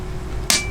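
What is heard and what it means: A torque wrench tightens the rear cap screw on a CVLife 7075 aluminum scope ring until it reaches its setting. A low, steady background hum is broken by one sharp, bright click at 0.5 s, which fades quickly. The click confirms the screw has reached the set torque.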